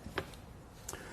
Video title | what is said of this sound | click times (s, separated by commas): etrailer - Does the Thule Range RV Bike Rack for 4 Bikes Suit Your 2016 Acura MDX | you'll hear that nice loud audible click indicating that you've got it secured in the proper position there it | 0.2 s, 0.9 s